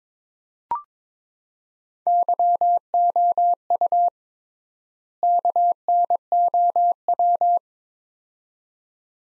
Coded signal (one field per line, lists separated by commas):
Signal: Morse code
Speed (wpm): 22 wpm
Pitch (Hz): 700 Hz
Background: none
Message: YOU KNOW